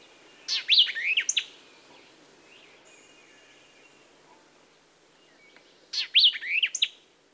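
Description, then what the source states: White-eyed Vireo song, a sharp emphatic phrase of quick chips and slurred whistles, given twice several seconds apart with only faint sounds between. Sharp, emphatic song rendered 'chick purrowio chick'; sometimes shortened, with the initial 'chick' phrase a common element.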